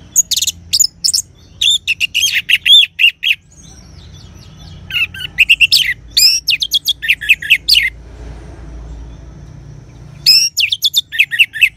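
Orange-headed thrush song, a rich run of rapid whistled notes and scratchy trills in repeated bursts, nearly continuous for the first three seconds, with low background rumble.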